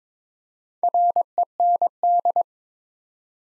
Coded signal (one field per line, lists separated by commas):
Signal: Morse code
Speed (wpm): 22 wpm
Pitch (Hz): 700 Hz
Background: none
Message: REND